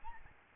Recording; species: mosquito wingbeat signal from an infrared sensor; Aedes albopictus